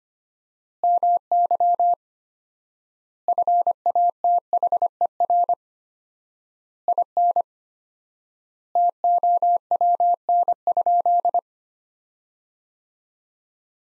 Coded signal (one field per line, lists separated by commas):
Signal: Morse code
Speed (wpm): 25 wpm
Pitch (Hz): 700 Hz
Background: none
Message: MY FATHER IN TOWN?